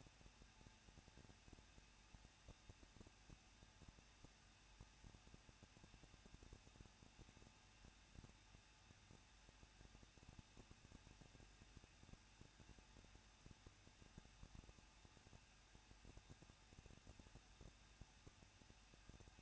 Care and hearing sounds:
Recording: daily activity, microphone in the room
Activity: no activity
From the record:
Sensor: 2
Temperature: 21.0 degrees Celsius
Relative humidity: 37.4%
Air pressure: 1006.2 hPa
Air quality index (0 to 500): 221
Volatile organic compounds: 24 ppm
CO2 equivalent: 2797 ppm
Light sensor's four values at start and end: 2/3/2/2 and 2/3/2/2

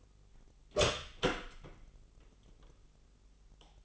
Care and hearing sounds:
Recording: daily activity, microphone in the room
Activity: open door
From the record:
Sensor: 4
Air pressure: 996.9 hPa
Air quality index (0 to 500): 43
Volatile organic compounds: 1 ppm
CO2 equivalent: 672 ppm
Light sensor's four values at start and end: 19/46/18/19 and 18/42/17/18

